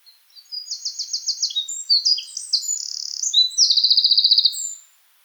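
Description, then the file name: Eurasian wren singing a shrill, hurried phrase of repeated notes, twittering runs and a long rapid trill, lasting roughly four seconds before stopping abruptly into silence. "Troglodytes troglodytes"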